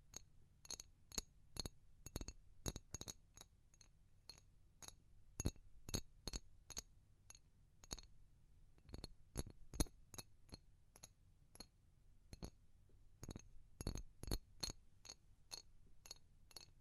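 Sharp, bright taps on a glassy surface come in uneven bursts, sometimes quick clusters and sometimes slower, over a low steady hum.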